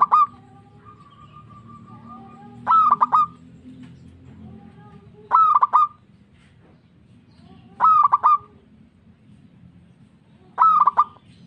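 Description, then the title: Zebra dove repeating a phrase about every two and a half seconds, each a short stretched coo ending in quick staccato notes, with a low steady background drone. Local-type zebra dove (perkutut lokal). "Kicau Perkutut Lokal"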